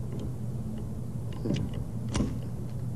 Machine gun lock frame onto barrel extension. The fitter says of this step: and you will hear them snap together when they've snapped together you can release it